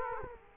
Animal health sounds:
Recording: mosquito wingbeat signal from an infrared sensor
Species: Culex quinquefasciatus

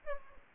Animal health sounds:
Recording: mosquito wingbeat signal from an infrared sensor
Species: Aedes aegypti

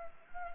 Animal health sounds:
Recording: mosquito wingbeat signal from an infrared sensor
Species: Anopheles arabiensis

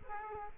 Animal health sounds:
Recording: mosquito wingbeat signal from an infrared sensor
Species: Aedes aegypti

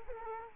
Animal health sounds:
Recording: mosquito wingbeat signal from an infrared sensor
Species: Culex quinquefasciatus

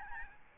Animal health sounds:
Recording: mosquito wingbeat signal from an infrared sensor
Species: Aedes albopictus

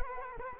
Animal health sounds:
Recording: mosquito wingbeat signal from an infrared sensor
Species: Culex quinquefasciatus

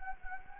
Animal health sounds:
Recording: mosquito wingbeat signal from an infrared sensor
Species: Anopheles gambiae

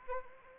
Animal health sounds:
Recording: mosquito wingbeat signal from an infrared sensor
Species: Anopheles arabiensis

